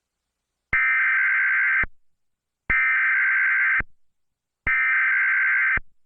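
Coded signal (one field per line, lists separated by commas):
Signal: Emergency Alert System (SAME) tones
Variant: header bursts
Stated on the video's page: Fictional mini EAS scenario.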